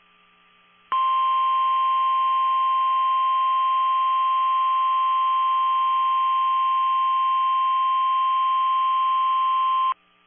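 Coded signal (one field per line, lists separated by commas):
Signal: Emergency Alert System (SAME) tones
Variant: 1050 Hz attention tone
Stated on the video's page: Severe thunderstorm warning received on NOAA Weather Radio.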